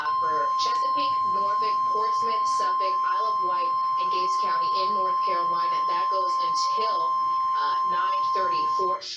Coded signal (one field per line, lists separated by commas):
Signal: Emergency Alert System (SAME) tones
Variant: 1050 Hz attention tone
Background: speech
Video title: Xtreme Mayhem...Moderate Risk EAS Alerts Part 3 (EAS #22-26)